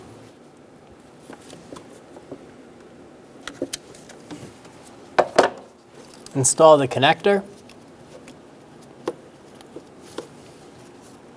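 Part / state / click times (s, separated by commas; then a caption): wiring harness connector onto the vapor canister purge solenoid valve / not seated / none. A wiring harness connector is handled near the new vapor canister purge solenoid valve on a 2011-2014 Hyundai Sonata, before being pushed onto it. Light ticks and plastic handling knocks sound against a quiet background, with sharper hits around 5.2 and 5.4 seconds while someone talks. Nothing has seated or clicked yet.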